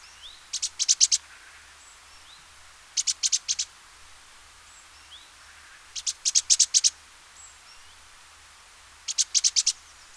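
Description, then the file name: Great tit singing bright, rapid strophes of high piercing notes, each burst under a second, returning about every three seconds. "Parus major"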